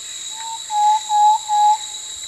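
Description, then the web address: Thrush-like antpitta singing a short run of level whistled notes in close succession, over a steady high hiss. Song; South America, eastern lowlands. "Natures Songs S America Eastern Lowlands. Mytmothera campanisona, song"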